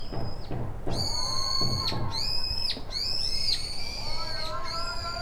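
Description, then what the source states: Birds giving long, flat, high whistled calls that overlap one another, each held about a second and ending with a sharp drop, with softer lower whistles beneath and a steady low rumble. Recorded with a Portacapture X6 recorder.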